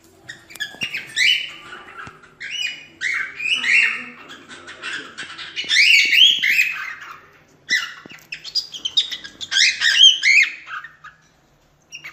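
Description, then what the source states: Cockatiels chattering in a busy mix of warbled whistles and squawky notes, then falling quiet at the end. Several cockatiels, whistling.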